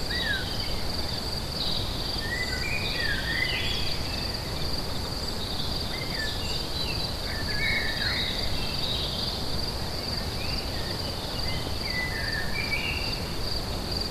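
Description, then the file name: A high, continuous cricket trill is joined by many short bird whistles, all over a low, steady rumble. Crickets recorded together with birds at Lacoux on 22 May 2016, recorded with an MZ-N710. "Grillons et oiseaux Lacoux 22 05 16"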